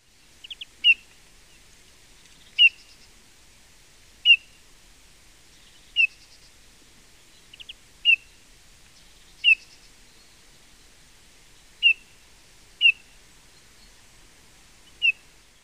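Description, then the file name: Eurasian bullfinch giving short, high call notes repeated roughly every one to two seconds, some preceded by faint double notes, against a quiet background. "Pyrrhula pyrrhula"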